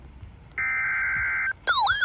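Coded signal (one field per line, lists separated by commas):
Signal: Emergency Alert System (SAME) tones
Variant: header bursts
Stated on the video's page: Severe thunderstorm warning from weather radio station KXI42.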